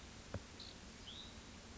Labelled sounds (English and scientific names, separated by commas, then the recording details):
Hutton's Vireo (Vireo huttoni)
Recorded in Sonoma County, California